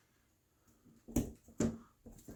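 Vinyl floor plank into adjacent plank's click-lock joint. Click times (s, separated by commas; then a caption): 1.2 s, 1.6 s. A rigid-core vinyl floor plank is tilted, its edge slid under the neighbouring plank and lowered until its click-lock joint engages. Two sharp clicks sound at 1.2 and 1.6 seconds, followed by a few fainter knocks. The plank seats into place.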